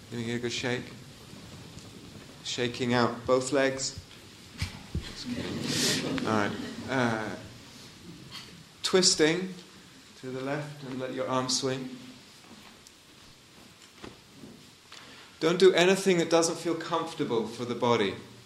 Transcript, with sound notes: Giving it a good shake. Shaking out both legs. [laughter] Twisting to the left, and let your arms swing. Don't do anything that doesn't feel comfortable for the body.